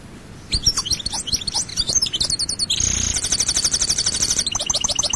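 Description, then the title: European goldfinch song: quick tinkling twitter building into a fast, buzzy trill of repeated high notes, then more twittering. "Chant Chardonneret"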